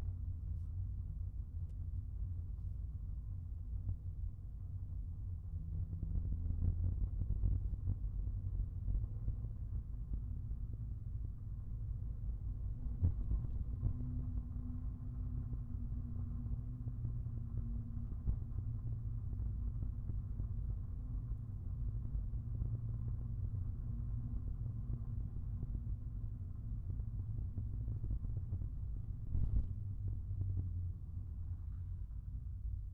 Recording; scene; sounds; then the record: everyday scene through a hearing-aid microphone; in a vehicle; engine, rumble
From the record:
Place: Skoda Fabia, gasoline engine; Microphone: behind the ear, right, front